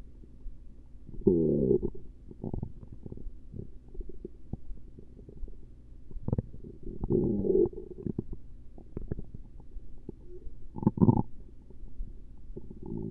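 Low, bubbling gurgles and rumbles of stomach rumbling come in irregular bursts, with louder swells near 1–2, 7–8 and 11 seconds and softer clicks and pops between them. These are ordinary gurgling bowel sounds from gas and fluid moving through an adult's gut.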